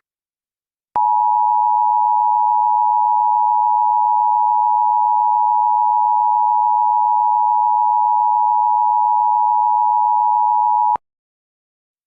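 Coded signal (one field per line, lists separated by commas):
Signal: Emergency Alert System (SAME) tones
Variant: 853 and 960 Hz attention tone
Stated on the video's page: Fictional EAS scenario made for Halloween, not a real alert.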